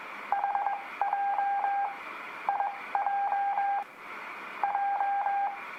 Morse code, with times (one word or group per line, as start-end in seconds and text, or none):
0.3-1.8 HJ
2.5-3.8 IJ
4.6-5.5 J